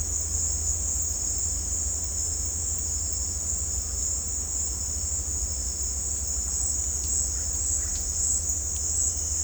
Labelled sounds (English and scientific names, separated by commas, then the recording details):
none
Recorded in dense forest near Puerto Asís, Putumayo, Colombia, on 18 December 2024 at 16:30
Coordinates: 0.466, -76.327
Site G075